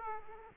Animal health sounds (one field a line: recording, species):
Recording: mosquito wingbeat signal from an infrared sensor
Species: Aedes aegypti